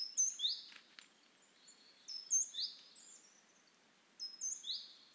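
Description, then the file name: Great tit calling with high, sharply falling chirps in short groups every two seconds or so, over a constant noisy hiss and a brief thump. "Parus major"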